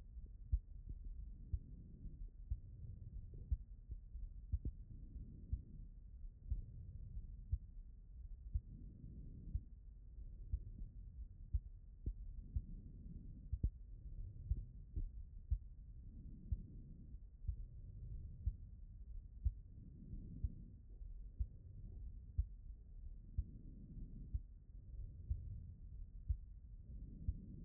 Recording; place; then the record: heart sounds by stethoscope; pulmonary valve (PV)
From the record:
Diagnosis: non-HFrEF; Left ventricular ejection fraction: 61%